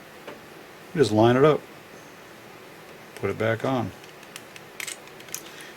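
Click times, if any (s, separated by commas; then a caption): 5.3 s. Someone talks while lining up the plastic cover of a Kato N-scale Alaska RR smoothside coach, fitted with a new lighting kit, and pushing it back onto its base. A few light ticks are heard as it goes down, and the cover snaps into place with a sharp click at 5.3 s, seated.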